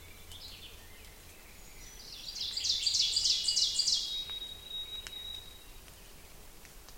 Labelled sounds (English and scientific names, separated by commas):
Ovenbird (Seiurus aurocapilla) song